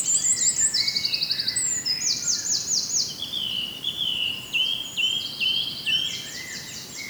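Bird chorus of overlapping high trills, rattling phrases and thin whistles, sung continuously against a constant background hiss.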